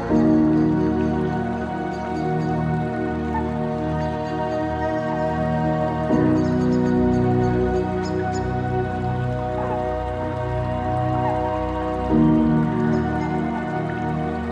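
Trickling water with a gentle tune of soft, sustained tones. The held notes change roughly every six seconds, near the 6 and 12 second marks, while faint drips and light splashes sparkle lightly and irregularly above. The level stays even throughout.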